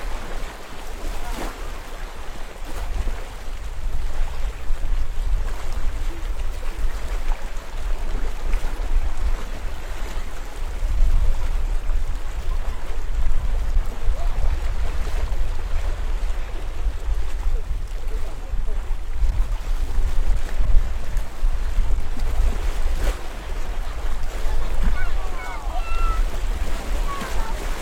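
Waves wash continually over the stones of a sea wall on the East Coast of Swatow, with a heavy, steady low rumble of wind and surf throughout. Splashes and surges swell and recede every few seconds, with a louder stretch around the middle.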